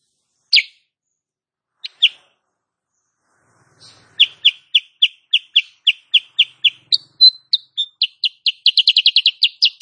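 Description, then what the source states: Sooty-headed bulbul song: a few separate sharp notes, then a steady string of bright chirps that quickens into a tight, rapid rattle at the end. Female cage bird used as a master song for training other cage birds; rapid, dense chirping style called "nembak rapat".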